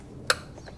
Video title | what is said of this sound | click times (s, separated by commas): JBL Sucks? We Upgraded Our 2024 Tacoma Sound System (Before & After Test) | Make sure it clicks. | 0.3 s